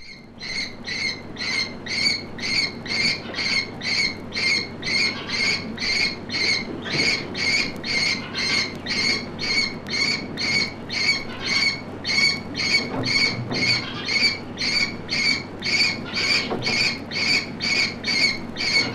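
Fledgling falcons beg in a steady, unbroken series of shrill, squeaky calls, roughly two each second, repeating evenly for the whole stretch with no voices present.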